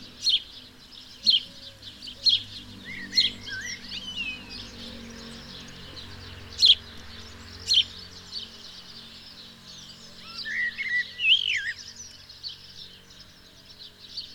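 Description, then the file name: House sparrow calls: sharp, loud single chirps at intervals, with softer twittering between and a brief burst of chatter near the end. "Passer domesticus"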